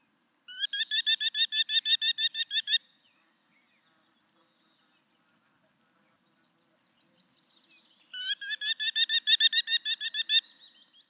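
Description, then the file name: Merlin giving two bouts of rapid, sharp, repeated ki-ki-ki notes, each run lasting over two seconds, separated by about five seconds of silence. "kis solyom hangja"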